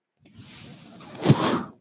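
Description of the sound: A soft, airy hiss builds over about a second, then peaks in a brief louder whoosh before fading, like a single machine-driven breath. It is the delivery noise of a home mechanical ventilator pushing air to the user, heard in the background between phrases.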